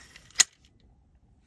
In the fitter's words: thing which will lock it into place.